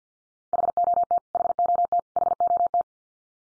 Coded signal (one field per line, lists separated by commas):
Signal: Morse code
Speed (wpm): 50 wpm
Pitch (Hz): 700 Hz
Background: none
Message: HOT HOT HOT